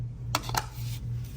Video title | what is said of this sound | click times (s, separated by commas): Vagary Hair Dryer | and then you get the blade and even to the teaser just snaps right on | 0.4 s